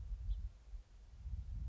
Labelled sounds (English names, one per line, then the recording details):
House Finch
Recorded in Sonoma County, California